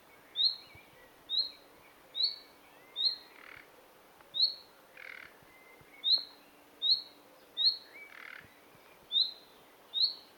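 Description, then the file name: Common nightingale giving a steady series of brief upslurred whistles, about one per second, with occasional harsh notes. "Luscinia megarhynchos"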